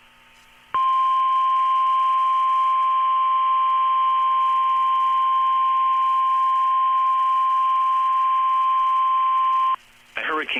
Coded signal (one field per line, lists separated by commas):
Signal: Emergency Alert System (SAME) tones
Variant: 1050 Hz attention tone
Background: speech